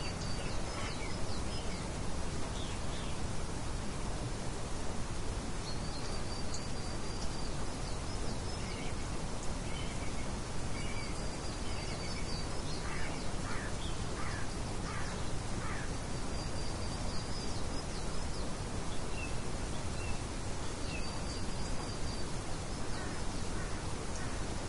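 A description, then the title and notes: Birds chirp over a steady, dense hiss that fills the whole clip. Short high trills and thin whistles return every few seconds, with a cluster of quick chirps in the middle. The hiss never changes in level. Snowy Forest with Birds Singing. Soft sounds of birds chirping overhead.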